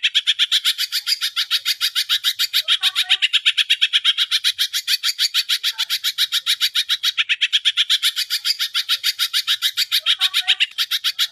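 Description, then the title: Greater green leafbird: continuous harsh, buzzy pulsing at a fast even pace, with occasional faint lower whistles underneath. Singing actively ('gacor'); masteran and pancingan, training and prompting audio for cage birds. "Masteran & Pancingan Cucak Ijo Gacor"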